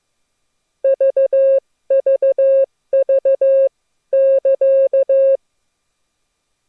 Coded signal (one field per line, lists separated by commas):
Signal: Morse code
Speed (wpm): 15 wpm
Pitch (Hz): 540 Hz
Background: none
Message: VVV <KA>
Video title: Morserino-32 #07 Programming the CW School Graz Lesson Plans